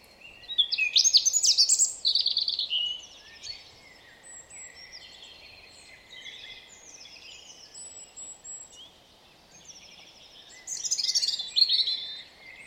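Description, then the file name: European robin song: a loud, tumbling high phrase at the start, softer scattered notes, then another bright warbling phrase near the end. "Erithacus rubecula"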